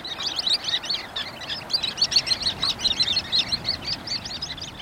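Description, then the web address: Sanderlings in twittering chatter, many short high notes tumbling together in rapid bursts. "Birdnote. Sanderlings"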